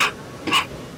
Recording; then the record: coughing mixed with background sound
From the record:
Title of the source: 64 coughing, allergies, singing lungs